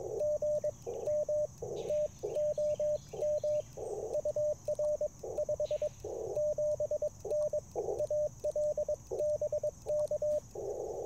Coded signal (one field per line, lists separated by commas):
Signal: Morse code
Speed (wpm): 21 wpm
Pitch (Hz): 590 Hz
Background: radio noise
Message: GM TOM UR 57N AL BK